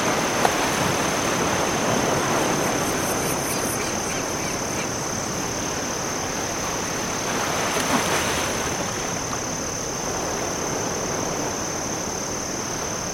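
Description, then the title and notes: Crickets sing a continuous high trill, partly buried in heavy ocean surf, with short bursts of faint high ticking early on. Crickets chirping in dunes near the oceanside, with waves crashing onshore. "Oceanside Ambience. Ocean Waves, Crickets, Seagull Sounds. crickets chirp in nearby dunes"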